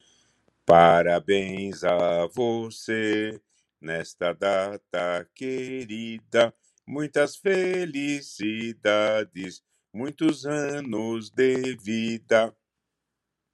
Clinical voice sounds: short text; Brazilian Portuguese; male; 70 to 79 years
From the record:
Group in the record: control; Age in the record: 79 years

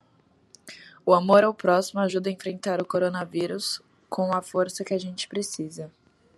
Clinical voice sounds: spoken sentence; Brazilian Portuguese; female; 20 to 29 years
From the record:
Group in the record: control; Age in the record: 26 years

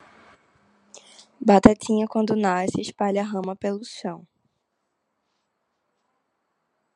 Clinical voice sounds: short text; Brazilian Portuguese; female; 20 to 29 years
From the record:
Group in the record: control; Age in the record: 22 years

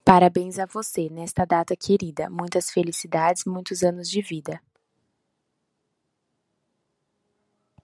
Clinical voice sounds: short text; Brazilian Portuguese; female; 20 to 29 years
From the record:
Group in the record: control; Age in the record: 20 years

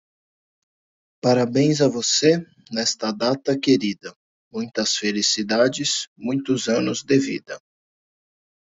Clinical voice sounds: short text; Brazilian Portuguese; male; 30 to 39 years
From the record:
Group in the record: control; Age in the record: 32 years

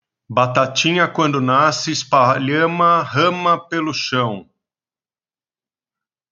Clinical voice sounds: short text; Brazilian Portuguese; male; 50 to 59 years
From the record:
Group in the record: control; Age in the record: 58 years

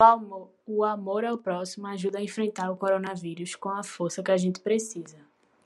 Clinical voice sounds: spoken sentence; Brazilian Portuguese; female; 20 to 29 years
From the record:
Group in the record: control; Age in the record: 21 years

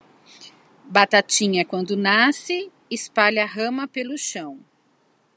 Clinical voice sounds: short text; Brazilian Portuguese; female; 50 to 59 years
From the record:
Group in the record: control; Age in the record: 54 years

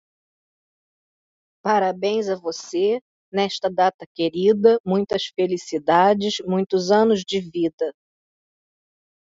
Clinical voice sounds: short text; Brazilian Portuguese; female; 50 to 59 years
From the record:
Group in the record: control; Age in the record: 54 years

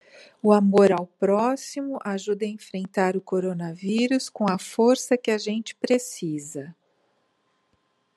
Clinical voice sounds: spoken sentence; Brazilian Portuguese; female; 50 to 59 years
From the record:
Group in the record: control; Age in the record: 57 years

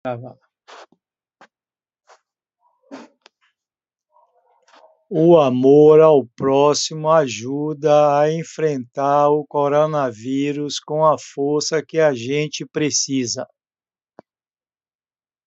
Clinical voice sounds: spoken sentence; Brazilian Portuguese; male; 70 to 79 years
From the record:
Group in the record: control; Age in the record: 70 years

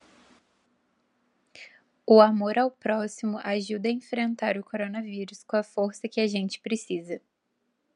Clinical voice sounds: spoken sentence; Brazilian Portuguese; female; 20 to 29 years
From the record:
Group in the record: control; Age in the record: 23 years

